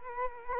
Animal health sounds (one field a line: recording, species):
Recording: mosquito wingbeat signal from an infrared sensor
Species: Culex quinquefasciatus